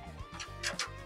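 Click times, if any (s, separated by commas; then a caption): none. A metal motherboard I/O shield is handled at the rear opening of a PC case, being lined up and pressed in gently, over steady background music. Brief sharp transients rise above the music, the strongest at about 0.8 s. The clip ends before the shield goes home, so nothing has seated or clicked yet.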